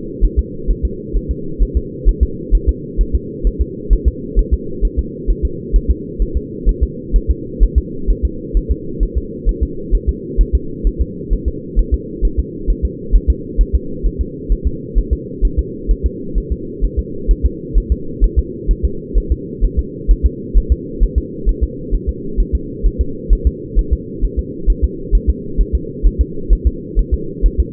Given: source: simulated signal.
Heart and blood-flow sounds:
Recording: fetal heart sounds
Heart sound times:
0.25 s: S1
0.39 s: S2
0.70 s: S1
0.85 s: S2
1.17 s: S1
1.31 s: S2
1.63 s: S1
1.77 s: S2
2.09 s: S1
2.23 s: S2
2.55 s: S1
2.69 s: S2
3.01 s: S1
3.15 s: S2
3.47 s: S1
3.61 s: S2
3.93 s: S1
4.08 s: S2
4.39 s: S1
4.54 s: S2
4.85 s: S1
4.99 s: S2
5.30 s: S1
5.45 s: S2
5.76 s: S1
5.91 s: S2
6.22 s: S1
6.37 s: S2
6.69 s: S1
6.83 s: S2
7.16 s: S1
7.31 s: S2
7.63 s: S1
7.78 s: S2
8.11 s: S1
8.25 s: S2
8.57 s: S1
8.71 s: S2
9.03 s: S1
9.18 s: S2
9.49 s: S1
9.63 s: S2
9.95 s: S1
10.09 s: S2
10.41 s: S1
10.55 s: S2
10.87 s: S1
11.01 s: S2
11.33 s: S1
11.48 s: S2
11.79 s: S1
11.94 s: S2
12.25 s: S1
12.39 s: S2
12.70 s: S1
12.85 s: S2
13.16 s: S1
13.30 s: S2
13.61 s: S1
13.75 s: S2
14.07 s: S1
14.21 s: S2
14.52 s: S1
14.67 s: S2
14.99 s: S1
15.13 s: S2
15.45 s: S1
15.59 s: S2
15.91 s: S1
16.06 s: S2
16.38 s: S1
16.52 s: S2
16.85 s: S1
16.99 s: S2
17.31 s: S1
17.46 s: S2
17.78 s: S1
17.92 s: S2
18.24 s: S1
18.39 s: S2
18.71 s: S1
18.85 s: S2
19.18 s: S1
19.32 s: S2
19.64 s: S1
19.79 s: S2
20.11 s: S1
20.26 s: S2
20.58 s: S1
20.72 s: S2
21.03 s: S1
21.18 s: S2
21.49 s: S1
21.63 s: S2
21.95 s: S1
22.09 s: S2
22.40 s: S1
22.55 s: S2
22.86 s: S1
23.01 s: S2
23.33 s: S1
23.47 s: S2
23.79 s: S1
23.93 s: S2
24.25 s: S1
24.39 s: S2
24.70 s: S1
24.84 s: S2
25.15 s: S1
25.30 s: S2
25.61 s: S1
25.75 s: S2
26.07 s: S1
26.21 s: S2
26.53 s: S1
26.67 s: S2
26.99 s: S1
27.14 s: S2
27.46 s: S1
27.60 s: S2
From the record:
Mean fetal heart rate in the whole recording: 130 bpm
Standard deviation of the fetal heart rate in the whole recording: 2 bpm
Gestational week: 36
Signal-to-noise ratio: -4.3 dB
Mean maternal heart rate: 72 bpm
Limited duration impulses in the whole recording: absent

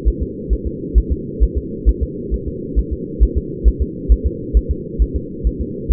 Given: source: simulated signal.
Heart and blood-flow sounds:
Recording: fetal heart sounds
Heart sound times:
0.08 s: S1
0.22 s: S2
0.53 s: S1
0.67 s: S2
0.98 s: S1
1.12 s: S2
1.43 s: S1
1.58 s: S2
1.89 s: S1
2.03 s: S2
2.34 s: S1
2.48 s: S2
2.79 s: S1
2.93 s: S2
3.23 s: S1
3.38 s: S2
3.68 s: S1
3.82 s: S2
4.12 s: S1
4.26 s: S2
4.57 s: S1
4.71 s: S2
5.02 s: S1
5.16 s: S2
5.47 s: S1
5.61 s: S2
5.92 s: S1
From the record:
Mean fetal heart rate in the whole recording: 135 bpm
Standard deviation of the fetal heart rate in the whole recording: 3 bpm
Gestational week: 34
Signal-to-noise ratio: -4.1 dB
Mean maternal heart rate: no maternal heart sound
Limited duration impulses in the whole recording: absent

